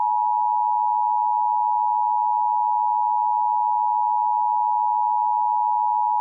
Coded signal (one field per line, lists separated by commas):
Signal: Emergency Alert System (SAME) tones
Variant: 853 and 960 Hz attention tone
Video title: Flood From Hell (EAS Scenario)